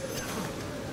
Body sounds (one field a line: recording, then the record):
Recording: coughing mixed with background sound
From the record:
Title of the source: Coughing 51